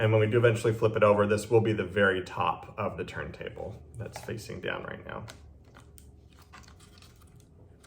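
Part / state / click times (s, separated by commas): wooden part onto top octagon piece of turntable / seated / 6.0 s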